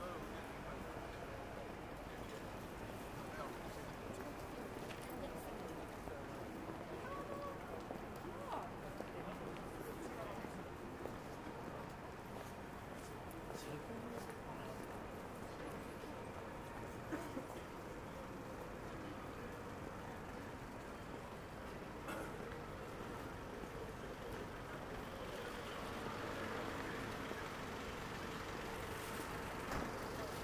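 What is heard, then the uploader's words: Daytime street ambience in Akihabara: a dense, steady wash of crowd chatter and traffic rumble that never lets up. Brief clicks and taps pop out here and there, and the bustle swells slightly brighter and louder in the last few seconds. Akihabara,daytime.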